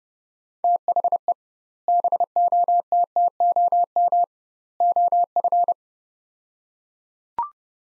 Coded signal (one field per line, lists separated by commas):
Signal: Morse code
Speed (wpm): 32 wpm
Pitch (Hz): 700 Hz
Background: none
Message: THE BOTTOM OF